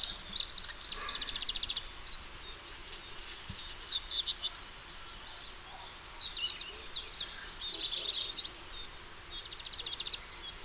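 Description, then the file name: House sparrow chirping: busy, irregular bursts of high chattering notes, some in quick rattling runs, continuing throughout over a steady hiss. "Passer domesticus"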